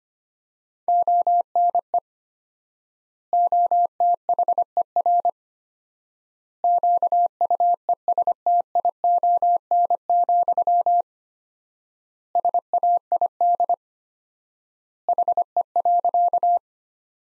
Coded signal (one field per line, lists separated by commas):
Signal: Morse code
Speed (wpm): 25 wpm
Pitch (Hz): 700 Hz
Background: none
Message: ONE OTHER QUESTION, SAID HE.